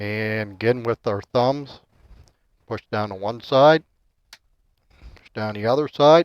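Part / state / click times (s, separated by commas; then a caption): RAM module into motherboard DIMM slot / partly seated / 4.3 s. A third RAM stick is pressed down with the thumbs on one side into a motherboard DIMM slot, and its plastic latch snaps with a click at 4.3 s. This is the first of two latches, so the module is only partly seated. Someone talks throughout.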